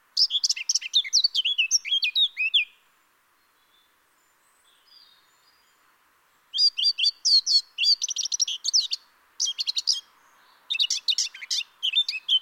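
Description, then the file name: Eurasian blackcap song: bursts of quick scratchy warbling notes, a pause of several seconds, then more rapid chattering phrases with short gaps between them. "Sylvia atricapilla"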